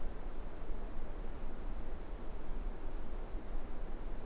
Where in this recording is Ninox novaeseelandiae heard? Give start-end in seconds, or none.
none